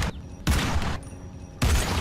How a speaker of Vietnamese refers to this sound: Mấy tiếng súng chát chúa vang lên đì đùng.